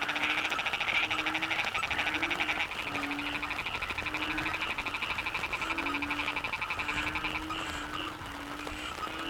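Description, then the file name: Frog chorus: a continuous blend of rapid pulsed trills and buzzes, punctuated by low, brief croaks at irregular intervals. Frogs at Cherating wetlands, Malaysia. "yamaha frogs cherating wetlands"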